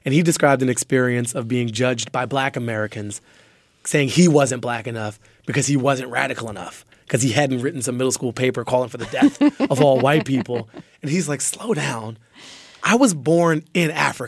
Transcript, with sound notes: And he described an experience of being judged by black Americans, saying he wasn't black enough because he wasn't radical enough, because he hadn't written some middle school paper calling for the death of all white people. (LAUGHTER) And he's like slow down. I was born in Africa.